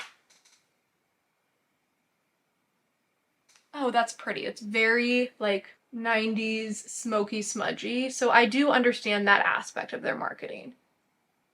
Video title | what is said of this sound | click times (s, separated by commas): MERIT SOLO SHADOWS REVIEW: I Tried to Gaslight Myself Into Loving these | and then again putting the lid back on because I am paranoid hear that clicked | 0.3 s